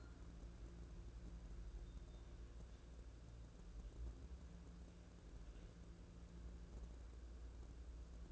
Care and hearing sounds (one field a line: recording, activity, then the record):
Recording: daily activity, microphone in the room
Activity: wipe stove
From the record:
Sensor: 2